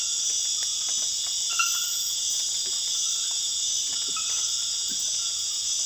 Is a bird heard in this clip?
no